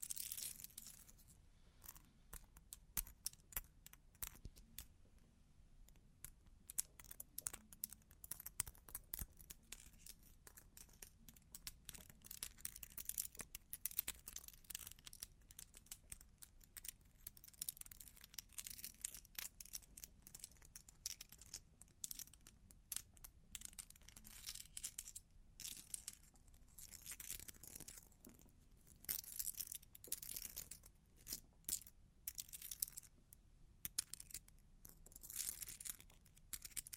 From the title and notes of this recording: Long Claws Tapping and Scratching (No Talking).